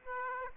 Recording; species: mosquito wingbeat signal from an infrared sensor; Aedes aegypti